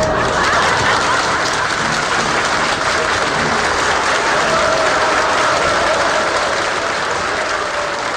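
An audience applauds steadily after a song, a dense wash of many hands clapping at an even, loud level for several seconds, with no voices standing out.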